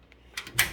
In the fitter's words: and it clicks back in same